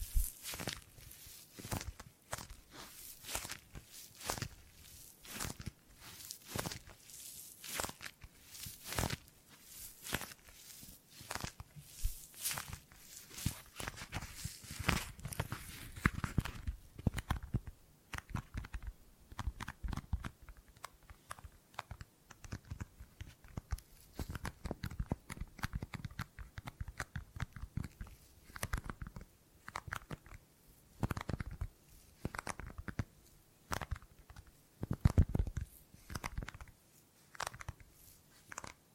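Gripping and grabbing sounds: a dense run of short scuffs, rustles and taps that fall rapidly and irregularly. The first fifteen seconds are brighter and busier with crisp hissing strokes, then the handling turns softer and lower, with occasional louder grabs near 35 seconds.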